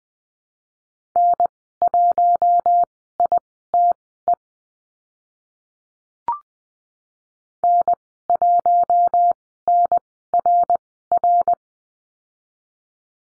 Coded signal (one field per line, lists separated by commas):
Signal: Morse code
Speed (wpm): 20 wpm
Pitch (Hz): 700 Hz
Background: none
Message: N1ITE N1NRR